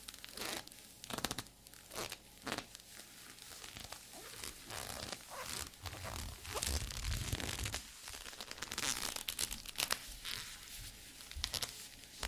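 Squeaky leather being flexed and rubbed, giving a run of crinkly, crackling creaks and short bursts. The sounds come irregularly, densest between about six and eight seconds and again near the end. A faint steady low hum runs underneath throughout.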